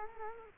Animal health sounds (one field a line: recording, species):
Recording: mosquito wingbeat signal from an infrared sensor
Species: Culex quinquefasciatus